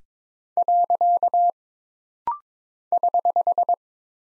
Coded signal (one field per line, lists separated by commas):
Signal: Morse code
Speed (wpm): 22 wpm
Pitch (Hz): 700 Hz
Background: none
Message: . <HH>